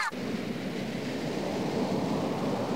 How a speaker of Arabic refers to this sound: هذا هو البحر يا أحبائي، رائع بما أودع الله تعالى فيه من أسرار وجمال. إنه عالم جميل تعيش فيه مخلوقات بحرية متنوعة وجذابة.